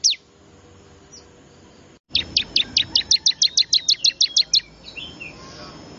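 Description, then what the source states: Bar-winged prinia: one sharp note, a silent gap, then a long even run of many fast, high, piercing notes, with faint twitters after. Lure call used to attract wild small birds; local name ciblek.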